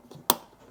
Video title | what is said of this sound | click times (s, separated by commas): How to Install a NSX-R Headliner on your NSX Coupe | It's secure. It snapped in. You just heard it snap. | 0.3 s